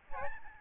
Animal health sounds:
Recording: mosquito wingbeat signal from an infrared sensor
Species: Aedes albopictus

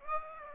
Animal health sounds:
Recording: mosquito wingbeat signal from an infrared sensor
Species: Aedes aegypti

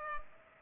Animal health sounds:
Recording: mosquito wingbeat signal from an infrared sensor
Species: Culex pipiens

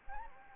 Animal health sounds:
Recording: mosquito wingbeat signal from an infrared sensor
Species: Anopheles gambiae

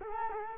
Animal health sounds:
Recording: mosquito wingbeat signal from an infrared sensor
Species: Culex quinquefasciatus

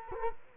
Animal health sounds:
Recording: mosquito wingbeat signal from an infrared sensor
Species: Culex quinquefasciatus

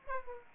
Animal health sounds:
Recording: mosquito wingbeat signal from an infrared sensor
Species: Aedes aegypti

